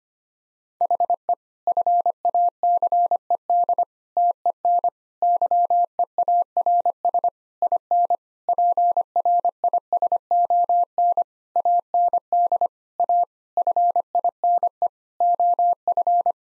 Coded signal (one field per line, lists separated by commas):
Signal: Morse code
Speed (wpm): 25 wpm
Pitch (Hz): 700 Hz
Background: none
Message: HE FACED TEN YEARS IN PRISON AND A FINE OF